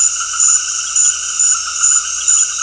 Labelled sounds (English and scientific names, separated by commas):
none